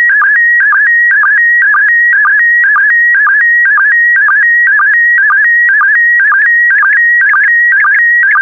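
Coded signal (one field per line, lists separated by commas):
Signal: SSTV (slow-scan television)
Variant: PD120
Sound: warbling tone hovering near 1.9 kHz, with short low sync blips roughly twice a second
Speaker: the next image transmission will start in 10 seconds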